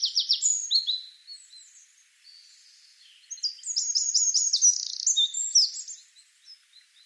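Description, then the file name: Eurasian wren song in two bursts, an opening string of sharp descending notes, a pause, then a long rapid trill of high, ringing notes. "Troglodytes troglodytes"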